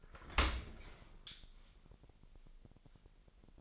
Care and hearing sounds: daily activity, microphone in the room; open dishwasher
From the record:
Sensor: 5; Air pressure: 1000.7 hPa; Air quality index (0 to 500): 248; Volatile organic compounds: 35 ppm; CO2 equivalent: 3053 ppm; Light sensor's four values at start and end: 31/70/28/26 and 31/72/29/27

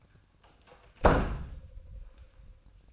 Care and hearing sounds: daily activity, microphone in the room; close door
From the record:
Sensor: 2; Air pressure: 1004.7 hPa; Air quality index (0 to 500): 74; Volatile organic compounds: 1 ppm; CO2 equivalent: 878 ppm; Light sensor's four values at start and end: 7/16/6/7 and 7/16/6/6

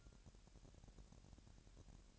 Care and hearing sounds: daily activity, microphone in the room; take from stove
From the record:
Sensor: 2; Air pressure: 1011.9 hPa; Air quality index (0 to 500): 203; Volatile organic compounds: 3 ppm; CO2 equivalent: 1433 ppm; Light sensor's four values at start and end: 61/145/60/58 and 61/145/60/58

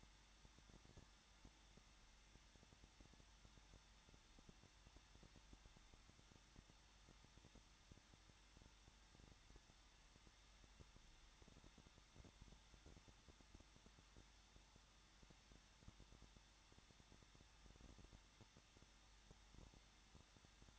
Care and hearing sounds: daily activity, microphone in the room; no activity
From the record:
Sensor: 3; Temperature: 21.2 degrees Celsius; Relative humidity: 36.4%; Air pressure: 1006.4 hPa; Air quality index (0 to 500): 223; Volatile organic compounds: 42 ppm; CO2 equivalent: 3188 ppm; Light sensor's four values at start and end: 2/3/2/2 and 2/3/2/2

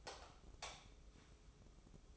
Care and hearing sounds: daily activity, microphone in the room; light off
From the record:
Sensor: 1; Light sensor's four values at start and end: 14/41/15/17 and 10/25/10/11

